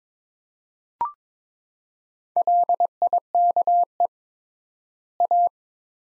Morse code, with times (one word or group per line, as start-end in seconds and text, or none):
2.4-4.1 LIKE
5.2-5.5 A